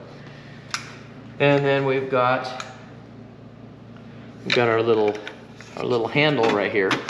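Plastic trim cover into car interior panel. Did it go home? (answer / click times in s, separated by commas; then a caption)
yes / 0.7 s. After the parts of a CTS-V conversion kit are reassembled on a CTS-V Sport, a plastic trim cover is pressed back onto a car interior panel. It snaps into place with one sharp click at 0.7 s, and the cover is seated. Someone talks during the rest of the clip.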